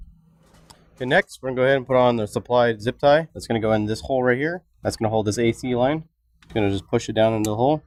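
A plastic sensor wiring connector on the intake air sensor of a Flowmaster Delta Force Cold Air Intake 615148, on a 2011-16 Ford F250, F350, F450 or F550 6.7L diesel, has its locking tab pushed down. A single sharp click at 0.7 s marks the connector lock snapping closed and the connector seated. Someone then talks for the rest of the clip.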